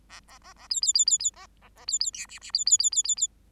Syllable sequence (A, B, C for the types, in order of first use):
A A A A B B B B B A A A B B C D D B B B B B B